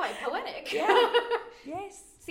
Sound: laughs